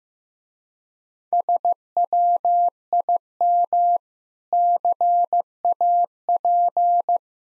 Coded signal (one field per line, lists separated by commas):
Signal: Morse code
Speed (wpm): 15 wpm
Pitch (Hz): 700 Hz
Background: none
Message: SWIM CAP